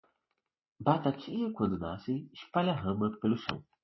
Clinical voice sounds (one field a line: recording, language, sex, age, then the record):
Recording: short text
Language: Brazilian Portuguese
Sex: male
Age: 30 to 39 years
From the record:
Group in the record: control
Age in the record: 37 years